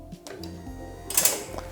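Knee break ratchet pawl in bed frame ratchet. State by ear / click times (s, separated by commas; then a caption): seated / 1.2 s. As the knee break of a Pro Bario care bed with a Fowler ratchet system is lowered, its metal ratchet pawl drops into the first notch of the bed frame ratchet. After faint ticks at 0.3 s and 0.4 s, two sharp metallic clicks sound at 1.2 s and 1.3 s, followed by a softer tick at 1.6 s. The pawl is seated in the first notch.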